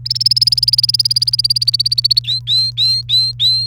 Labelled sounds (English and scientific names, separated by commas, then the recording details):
Domestic Canary (Serinus canaria) song
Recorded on 29 April 2018 at 09:23
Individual llb3